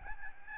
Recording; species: mosquito wingbeat signal from an infrared sensor; Aedes albopictus